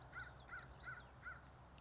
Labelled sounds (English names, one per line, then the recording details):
American Crow
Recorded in Sonoma County, California